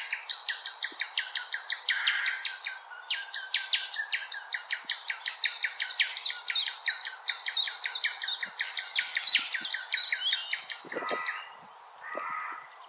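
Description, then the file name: Common nightingale song: a long, fast rattle of dense repeated notes lasting about ten seconds, ending in a couple of lower, softer phrases. Recorded 16 April 2021. "Nightingale-210416"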